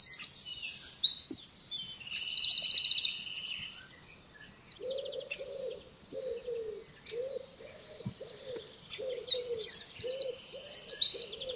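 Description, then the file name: Eurasian wren singing a shrill, fast run of sharp notes and rattling trills, pausing while low cooing notes repeat, then bursting into another rapid trilling phrase. "Troglodytes troglodytes"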